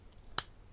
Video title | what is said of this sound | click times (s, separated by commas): Mini smerigliatrice assiale ricaricabile Topshak TS-MG1 "mini dremel" mini rotative tool by Banggood | eccolo qua click | 0.4 s